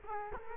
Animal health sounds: mosquito wingbeat signal from an infrared sensor; Culex quinquefasciatus

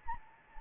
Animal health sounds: mosquito wingbeat signal from an infrared sensor; Anopheles gambiae

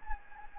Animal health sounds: mosquito wingbeat signal from an infrared sensor; Anopheles gambiae

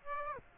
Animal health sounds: mosquito wingbeat signal from an infrared sensor; Aedes aegypti

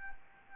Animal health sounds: mosquito wingbeat signal from an infrared sensor; Anopheles gambiae

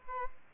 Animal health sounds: mosquito wingbeat signal from an infrared sensor; Aedes albopictus

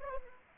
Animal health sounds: mosquito wingbeat signal from an infrared sensor; Anopheles arabiensis

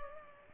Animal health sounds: mosquito wingbeat signal from an infrared sensor; Culex pipiens

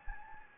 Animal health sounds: mosquito wingbeat signal from an infrared sensor; Anopheles gambiae

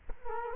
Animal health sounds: mosquito wingbeat signal from an infrared sensor; Culex quinquefasciatus

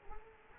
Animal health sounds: mosquito wingbeat signal from an infrared sensor; Culex quinquefasciatus

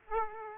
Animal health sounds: mosquito wingbeat signal from an infrared sensor; Aedes aegypti

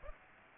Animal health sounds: mosquito wingbeat signal from an infrared sensor; Aedes aegypti

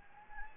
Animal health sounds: mosquito wingbeat signal from an infrared sensor; Anopheles gambiae

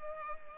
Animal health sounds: mosquito wingbeat signal from an infrared sensor; Culex pipiens

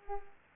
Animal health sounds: mosquito wingbeat signal from an infrared sensor; Culex pipiens

